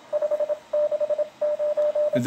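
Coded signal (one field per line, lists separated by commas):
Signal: Morse code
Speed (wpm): 27 wpm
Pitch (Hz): 600 Hz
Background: radio noise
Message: 569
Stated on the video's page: DX CW on the 20 m band.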